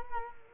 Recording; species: mosquito wingbeat signal from an infrared sensor; Culex quinquefasciatus